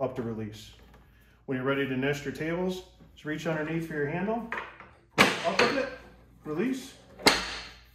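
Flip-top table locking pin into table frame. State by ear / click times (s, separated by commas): seated / 7.3 s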